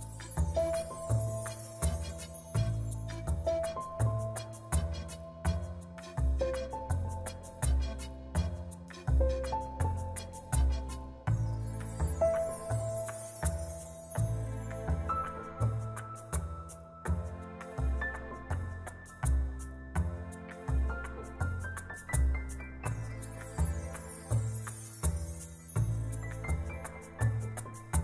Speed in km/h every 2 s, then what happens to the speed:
34, 29, 22, 21, 26, 33, 43, 48, 56, 65, 73, 74, 78, 84.
0-4 slows to 22. 7-28 speeds up to 84.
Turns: none.